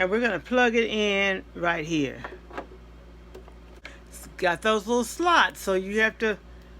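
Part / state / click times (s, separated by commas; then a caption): foot pedal plug into sewing machine socket / not seated / none. Someone talks while lining up the foot pedal cord's plug with the slotted socket on a Brother LS2400 sewing machine, with a few faint handling ticks around 2.6, 3.5 and 3.9 seconds during a pause in speech. The plug has not yet seated or clicked into place by the end of the clip.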